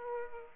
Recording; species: mosquito wingbeat signal from an infrared sensor; Aedes aegypti